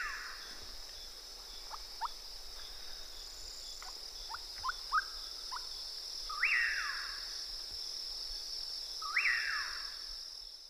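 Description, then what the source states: Common Pauraque song: a series of short, stuttered upslurred notes builds into two full whistles that rise and then fall, backed by continuous cricket-like buzzing. Distinctive song; a nightjar found from southern Texas through Mexico into South America.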